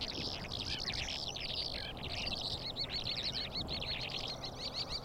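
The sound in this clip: Calandra lark song, a dense, continuous jumble of fast chirps, trills and twittering notes pouring out without pause, over a steady low rumble of background noise.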